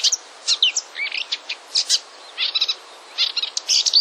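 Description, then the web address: Marsh warbler song, short bursts of chattering and whistled notes with a few quick repeated trills, separated by tiny gaps. "wroblowe kolekcja lozowka"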